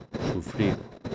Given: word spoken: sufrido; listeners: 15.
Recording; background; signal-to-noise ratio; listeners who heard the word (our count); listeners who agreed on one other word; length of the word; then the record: one Spanish word in noise, from a listening test; noise modulated by one talker; 0.4 dB; 0 of 15; 10 of 15; 0.75 s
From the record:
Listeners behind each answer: 10, 2, 1, 1, 1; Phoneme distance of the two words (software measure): 17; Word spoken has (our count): 3 syllables, 7 phonemes, stress on syllable 2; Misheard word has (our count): 2 syllables, 6 phonemes, stress on syllable 2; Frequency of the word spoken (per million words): 31.47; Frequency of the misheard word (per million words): 31.29